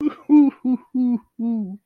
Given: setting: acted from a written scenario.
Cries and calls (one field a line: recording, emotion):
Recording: vocal sound without words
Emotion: amusement